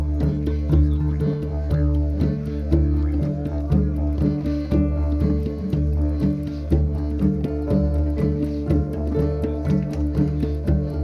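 A steady low didgeridoo drone runs under plucked harp and hang notes, while sharp hammer strikes from a forge tap throughout.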